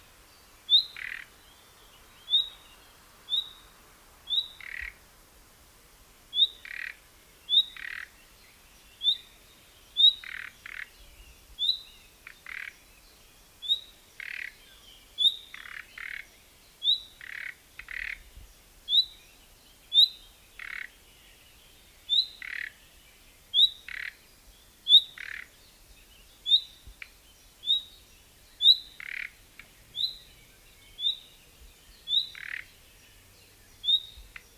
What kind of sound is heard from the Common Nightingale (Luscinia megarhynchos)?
alarm call